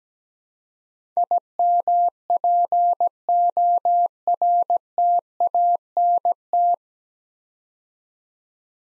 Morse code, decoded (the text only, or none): IMPORTANT